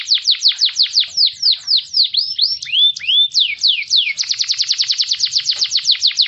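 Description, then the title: Canary song: rapid trills of steeply falling whistled notes, shifting into slower looping upswept phrases, then another fast descending trill. "Kenari"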